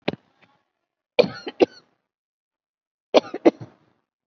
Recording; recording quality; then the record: heavy voluntary cough; excellent, no background noise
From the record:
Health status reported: COVID-19 positive, mild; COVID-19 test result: positive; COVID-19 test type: RT-PCR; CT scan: not taken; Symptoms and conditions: sore throat, another condition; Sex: female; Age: 66 years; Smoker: no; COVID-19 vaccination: none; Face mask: not worn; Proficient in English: no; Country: India